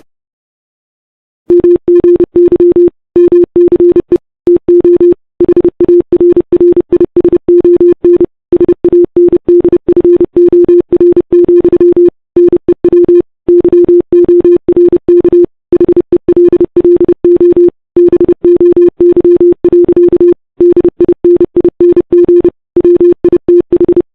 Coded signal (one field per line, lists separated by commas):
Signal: Morse code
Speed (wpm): 30 wpm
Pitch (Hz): 350 Hz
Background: none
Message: MGY MCE TO HARRISON SANDFOR, NEW YORK HELLO BOY. DINING WITH